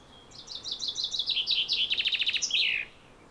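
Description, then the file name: Common chaffinch song, a rapid cascade of high notes falling stepwise into a quick rattle and finishing with a loud downslurred flourish. "Fringilla coelebs"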